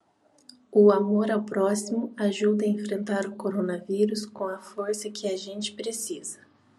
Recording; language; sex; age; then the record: spoken sentence; Brazilian Portuguese; female; 18 to 19 years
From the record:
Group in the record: control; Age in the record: 18 years